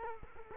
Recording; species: mosquito wingbeat signal from an infrared sensor; Culex quinquefasciatus